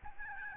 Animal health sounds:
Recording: mosquito wingbeat signal from an infrared sensor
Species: Aedes albopictus

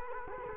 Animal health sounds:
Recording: mosquito wingbeat signal from an infrared sensor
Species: Culex quinquefasciatus

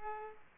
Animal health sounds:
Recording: mosquito wingbeat signal from an infrared sensor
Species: Culex pipiens

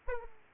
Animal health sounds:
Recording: mosquito wingbeat signal from an infrared sensor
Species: Aedes aegypti

